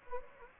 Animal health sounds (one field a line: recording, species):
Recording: mosquito wingbeat signal from an infrared sensor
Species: Anopheles gambiae